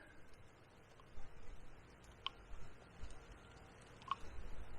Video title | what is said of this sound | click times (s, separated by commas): 2010 Toyota Corolla S how to do brakes rotors slider pins | it snaps into place | 4.1 s